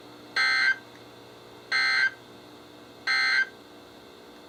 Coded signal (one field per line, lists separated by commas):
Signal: Emergency Alert System (SAME) tones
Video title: EAS #921-#929: Spook Month Rain Showers | KHB36